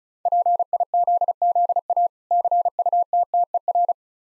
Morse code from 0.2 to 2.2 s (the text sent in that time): PIZZA